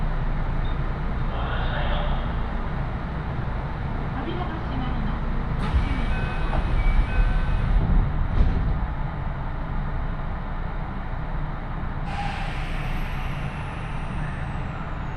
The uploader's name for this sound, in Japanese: 鉄道旅 汐見橋→岸里玉出→なんば→大物